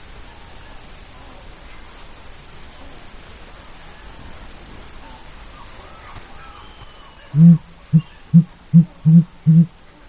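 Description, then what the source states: Sooty grouse hooting: six deep, soft hoots evenly and quickly spaced near the end, after several seconds of steady rushing background noise with faint bird calls. Recorded in Glacier Bay, Alaska, on 7 July 2020, around 11:12.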